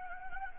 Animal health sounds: mosquito wingbeat signal from an infrared sensor; Anopheles gambiae

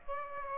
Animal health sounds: mosquito wingbeat signal from an infrared sensor; Aedes aegypti

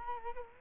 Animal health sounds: mosquito wingbeat signal from an infrared sensor; Culex quinquefasciatus

